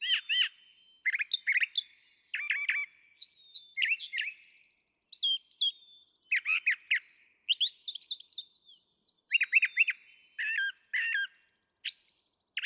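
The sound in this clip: Brown Thrasher singing a steady series of varied phrases, mixing chips, slurs and high whistles, with brief pauses.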